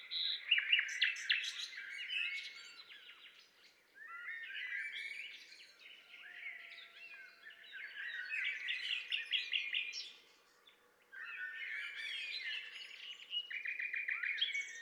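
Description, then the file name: Common nightingale song, a rich varied stream of whistles, trills and rapid chirps in bursts, with short pauses near four and ten seconds. "Luscinia megarhynchos"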